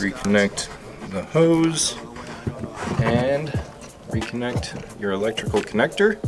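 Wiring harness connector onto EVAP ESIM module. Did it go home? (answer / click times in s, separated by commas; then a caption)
no / none. Someone talks while handling a wiring harness electrical connector about to go back onto the EVAP leak-detection module (ESIM) of a Jeep Grand Cherokee SRT, during a repair for EVAP code P0456. The connector has not clicked or seated yet when the clip ends.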